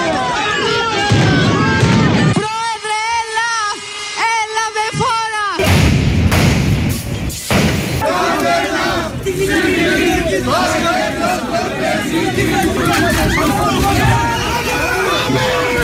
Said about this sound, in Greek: Συνταξιούχοι, άνεργοι και ανάμεσά τους μέλη του ΠΑΜΕ και της ΑΔΕΔΗ συγκρούονται με τα ΜΑΤ έξω από τη Βουλή, διαμαρτυρώμενοι κατά του νέου ασφαλιστικού.